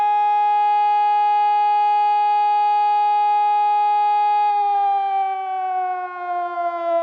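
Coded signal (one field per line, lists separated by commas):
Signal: siren signal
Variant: Sonnenburg SES600 electronic siren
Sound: one steady loud electronic siren tone, slightly falling in pitch near the end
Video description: Monatliche Sirenenprobe in der Gemeinde Windeck am 1. Samstag im Monat um 11.00 Uhr mit dem Signal "Feueralarm".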